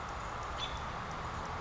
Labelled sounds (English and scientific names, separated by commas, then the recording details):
American Robin (Turdus migratorius)
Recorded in Sonoma County, California